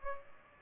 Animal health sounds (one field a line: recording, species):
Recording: mosquito wingbeat signal from an infrared sensor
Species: Culex pipiens